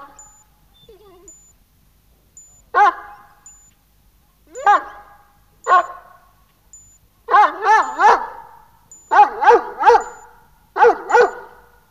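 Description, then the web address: Dog barking: single sharp barks at first, spaced a second or two apart, then growing into louder double and triple bursts toward the end. "Hund"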